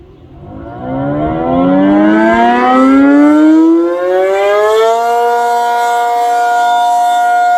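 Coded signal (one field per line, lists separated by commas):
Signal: siren signal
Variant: ACA P-50 rotating siren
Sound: outdoor siren winds up in pitch over four seconds, then holds a steady howl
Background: outdoor ambience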